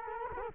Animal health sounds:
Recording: mosquito wingbeat signal from an infrared sensor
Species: Culex quinquefasciatus

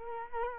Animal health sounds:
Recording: mosquito wingbeat signal from an infrared sensor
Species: Culex quinquefasciatus

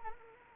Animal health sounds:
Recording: mosquito wingbeat signal from an infrared sensor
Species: Anopheles arabiensis

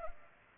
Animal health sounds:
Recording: mosquito wingbeat signal from an infrared sensor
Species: Culex pipiens

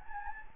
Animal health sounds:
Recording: mosquito wingbeat signal from an infrared sensor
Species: Anopheles gambiae

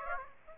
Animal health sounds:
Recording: mosquito wingbeat signal from an infrared sensor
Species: Aedes aegypti

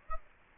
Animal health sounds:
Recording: mosquito wingbeat signal from an infrared sensor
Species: Aedes aegypti

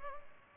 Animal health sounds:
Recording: mosquito wingbeat signal from an infrared sensor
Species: Culex pipiens

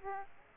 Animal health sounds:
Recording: mosquito wingbeat signal from an infrared sensor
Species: Aedes aegypti

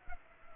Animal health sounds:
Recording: mosquito wingbeat signal from an infrared sensor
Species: Culex pipiens

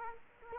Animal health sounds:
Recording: mosquito wingbeat signal from an infrared sensor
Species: Culex quinquefasciatus

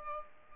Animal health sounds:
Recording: mosquito wingbeat signal from an infrared sensor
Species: Culex pipiens

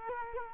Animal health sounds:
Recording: mosquito wingbeat signal from an infrared sensor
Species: Culex quinquefasciatus

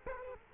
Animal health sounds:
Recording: mosquito wingbeat signal from an infrared sensor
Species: Culex quinquefasciatus

